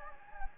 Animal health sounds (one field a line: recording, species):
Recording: mosquito wingbeat signal from an infrared sensor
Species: Anopheles gambiae